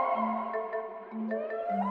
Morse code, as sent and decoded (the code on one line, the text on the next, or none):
none